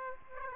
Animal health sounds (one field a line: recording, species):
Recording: mosquito wingbeat signal from an infrared sensor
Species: Aedes aegypti